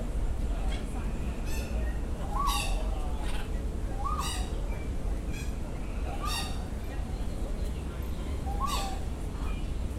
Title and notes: 香港 九龍公園 百鳥居 雀鳥唱歌及遊人怪叫 Date: 25th July 2007